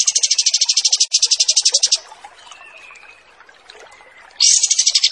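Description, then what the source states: Kapas tembak song: a long, fast pulsed trill for two seconds, a quiet gap, then the trill starting again. Wild bird; recording made as a training song for caged birds (masteran).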